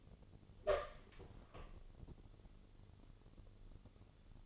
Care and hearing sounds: daily activity, microphone in the room; open door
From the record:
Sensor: 4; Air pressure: 1015.9 hPa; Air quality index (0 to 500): 198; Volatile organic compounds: 10 ppm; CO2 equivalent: 2259 ppm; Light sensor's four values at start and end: 9/20/8/7 and 9/20/8/7

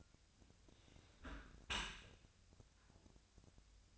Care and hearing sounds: daily activity, microphone in the room; close dishwasher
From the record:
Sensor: 2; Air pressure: 1006.6 hPa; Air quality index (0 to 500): 202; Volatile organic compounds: 14 ppm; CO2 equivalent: 2464 ppm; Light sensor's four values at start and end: 9/23/9/9 and 9/23/9/9

